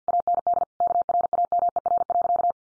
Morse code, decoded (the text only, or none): AND KRAMER.